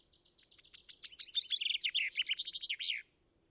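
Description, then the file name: Common chaffinch song: bright notes tumbling down the scale into a rattling trill and a terminal flourish, with a soft low rumble underneath. "Fringilla coelebs"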